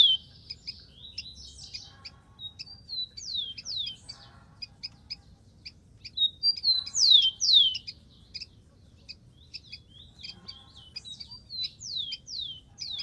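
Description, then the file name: Rufous-collared sparrow repeating its song several times: whistled introductory notes, then descending slurs, amid a steady scatter of short high chips. "canto do tico tico"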